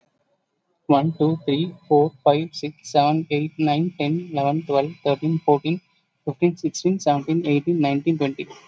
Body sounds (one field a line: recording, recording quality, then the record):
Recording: counting at a normal pace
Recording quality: excellent, no background noise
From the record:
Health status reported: COVID-19 positive, no symptoms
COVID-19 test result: positive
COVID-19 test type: RT-PCR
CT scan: taken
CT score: 17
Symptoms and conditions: cough, cold, breathing difficulty, fatigue, muscle pain, loss of smell and taste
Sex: male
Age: 28 years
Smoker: no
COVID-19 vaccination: none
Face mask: not worn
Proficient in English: yes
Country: India